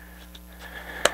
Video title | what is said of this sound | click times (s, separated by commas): Vforce Grill 2.0 Now Available! - PB Sports New Product Alert - | push them in make a nice little click right | 1.1 s